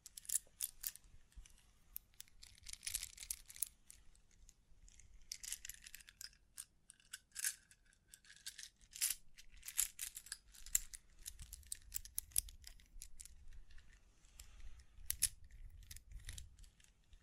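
Dense, irregular tapping, scratching and crinkly brushing sounds, bright and crisp, continue throughout with brief pauses over a faint low rumble.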